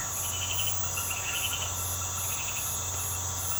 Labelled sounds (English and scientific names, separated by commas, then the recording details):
none
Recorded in secondary vegetation near Puerto Asís, Putumayo, Colombia, on 24 March 2025 at 22:00
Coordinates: 0.468, -76.324
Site G059